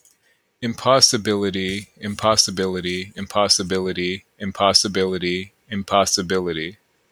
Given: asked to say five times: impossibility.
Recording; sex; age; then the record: repeated word; male; 30 to 39 years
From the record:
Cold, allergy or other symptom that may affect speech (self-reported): no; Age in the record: 34 years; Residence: Maryland, United States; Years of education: 16